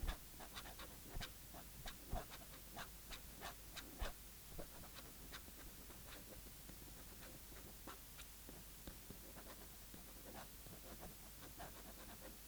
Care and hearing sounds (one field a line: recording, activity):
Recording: daily activity, guitar pickup as the sensor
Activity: write